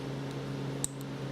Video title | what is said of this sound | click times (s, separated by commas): MPFI Swap How To Part 3 | slide it in there wait for it to click and you're good to go so | 0.8 s